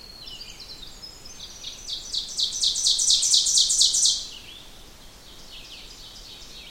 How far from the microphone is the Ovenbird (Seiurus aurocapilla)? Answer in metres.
about 5 m